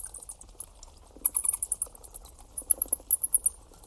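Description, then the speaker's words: Bat calls, heard as rapid dry clicking pulses in two quick bursts, faint and high-pitched, with low background hiss. Ultrasonic call above human hearing, recorded and converted by computer into an audible, somewhat distorted sound. "Het geluid van een vleermuis. Maar dan wel een beetje vervormd, want de vleermuis kan je niet horen."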